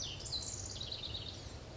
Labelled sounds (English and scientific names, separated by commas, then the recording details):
House Wren (Troglodytes aedon)
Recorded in Sonoma County, California